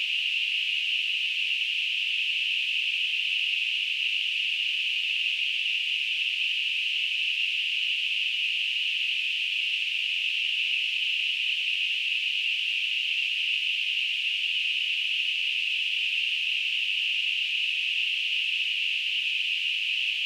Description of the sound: Tinnitus.